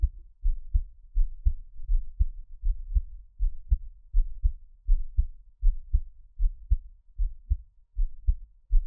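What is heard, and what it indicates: Steady low thuds in paired beats at about 80 a minute: an adult heartbeat heard close up, with no talking.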